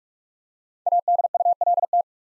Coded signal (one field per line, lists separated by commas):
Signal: Morse code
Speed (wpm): 45 wpm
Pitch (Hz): 700 Hz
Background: none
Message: ADULT